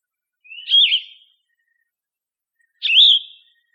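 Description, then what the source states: Yellow-throated vireo giving two short, slurred phrases with a pause between them, the second sweeping up then levelling off, with silence around them. Recorded 29 August 2004.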